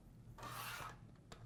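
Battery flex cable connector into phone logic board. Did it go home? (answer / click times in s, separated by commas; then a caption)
no / none. The battery flex cable of an iPhone 6 Plus is lined up over the phone's logic board connector, with a broad scraping rub from about 0.4 to 0.9 s and a faint brief tick near 1.3 s. The connector has not seated or clicked into place yet.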